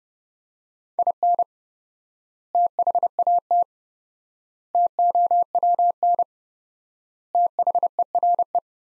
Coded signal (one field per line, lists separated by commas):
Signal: Morse code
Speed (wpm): 30 wpm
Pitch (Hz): 700 Hz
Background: none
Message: IN THAT TOWN THERE